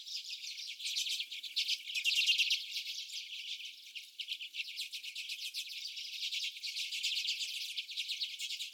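Common redpolls keeping up a continuous rapid rattling chatter from several birds, strongest around two seconds in.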